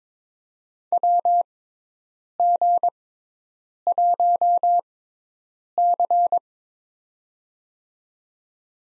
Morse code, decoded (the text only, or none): WG1C